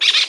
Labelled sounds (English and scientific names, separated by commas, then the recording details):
Brown-throated Parakeet (Eupsittula pertinax) contact call
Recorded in Margarita
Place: Mangroves NW of Las Tetas de Ma. Guevara
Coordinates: 10.962, -64.143